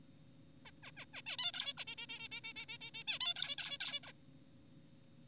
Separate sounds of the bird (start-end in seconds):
0.66-0.71, 0.83-0.91, 0.97-1.05, 1.14-1.22, 1.26-1.37, 1.39-1.52, 1.54-1.73, 1.78-1.84, 1.88-1.95, 1.98-2.06, 2.09-2.28, 2.32-2.41, 2.44-2.53, 2.56-2.66, 2.69-2.78, 2.81-2.91, 2.94-3.04, 3.08-3.19, 3.21-3.34, 3.36-3.56, 3.58-3.78, 3.81-4.00, 4.04-4.12